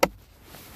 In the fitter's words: righty tidy going to hear it click